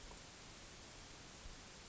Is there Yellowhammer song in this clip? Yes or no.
no